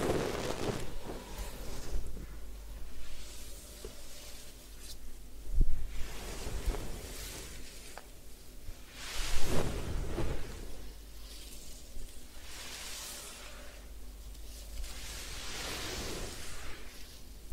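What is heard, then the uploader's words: Head spa hair wash with repeated watery swishing and rubbing sweeps, louder bursts near six and nine seconds, over a steady low hum. Head Spa Hair Wash, Massage, Ear Cleaning.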